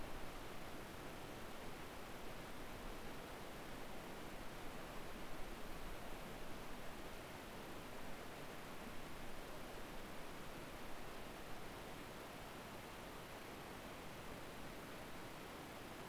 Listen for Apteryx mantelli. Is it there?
no